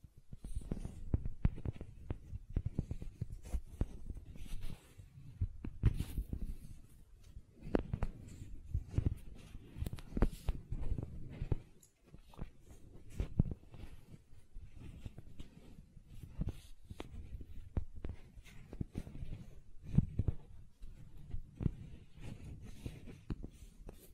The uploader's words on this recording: ASMR Gentle Silicon Sounds for Sleep (No Talking).